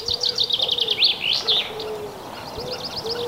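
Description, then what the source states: Common Wood Pigeon cooing: soft, low, hollow coos in short phrases, partly masked by brisk, high twittering songs of other birds. Heard live in the morning in spring, during a dawn bird-concert broadcast.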